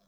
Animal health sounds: pig call; piglet (1 to 25 days)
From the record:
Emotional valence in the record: positive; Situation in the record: reunion after long isolation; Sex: male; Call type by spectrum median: low-frequency call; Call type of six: low-frequency tonal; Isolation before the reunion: 8 minutes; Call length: 0.07 s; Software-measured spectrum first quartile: 369 Hz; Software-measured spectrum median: 1288 Hz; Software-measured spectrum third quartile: 6416 Hz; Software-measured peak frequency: 190 Hz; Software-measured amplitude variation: 33 dB a second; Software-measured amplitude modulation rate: 13.4 a second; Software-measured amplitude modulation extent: 2.5 dB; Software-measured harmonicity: 5.3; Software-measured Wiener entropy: -2.11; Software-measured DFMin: 702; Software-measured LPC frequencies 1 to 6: 588, 1201, 3384, 4071, 5165, 6244 Hz

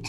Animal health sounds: pig call; weaner (32 to 43 days)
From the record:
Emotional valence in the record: negative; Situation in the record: short isolation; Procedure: open field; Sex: female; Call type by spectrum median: low-frequency call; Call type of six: mixed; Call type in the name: high-frequency stable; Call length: 0.09 s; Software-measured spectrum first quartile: 262 Hz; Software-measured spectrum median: 2033 Hz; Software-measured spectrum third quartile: 4226 Hz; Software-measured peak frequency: 123 Hz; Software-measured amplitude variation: 81 dB a second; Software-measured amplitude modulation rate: 16.9 a second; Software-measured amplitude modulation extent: 4.8 dB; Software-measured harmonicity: 2.1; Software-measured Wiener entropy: -3.79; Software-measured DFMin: 754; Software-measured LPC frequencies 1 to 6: 890, 2483, 4315, 5306, 6165, 7119 Hz

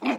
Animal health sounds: pig call; piglet (1 to 25 days)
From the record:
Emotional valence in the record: negative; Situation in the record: surprise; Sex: female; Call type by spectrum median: low-frequency call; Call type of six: low-frequency stable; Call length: 0.19 s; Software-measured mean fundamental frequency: 55 Hz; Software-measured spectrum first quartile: 288 Hz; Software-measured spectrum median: 627 Hz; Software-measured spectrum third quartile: 1414 Hz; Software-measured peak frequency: 269 Hz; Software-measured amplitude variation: 148 dB a second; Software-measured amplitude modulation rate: 2.7 a second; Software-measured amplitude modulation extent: 55.5 dB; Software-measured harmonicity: 2.5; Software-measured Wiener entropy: -1.11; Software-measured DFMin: 703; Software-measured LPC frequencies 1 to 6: 2457, 3293, 4062, 4959, 6098, 6873 Hz

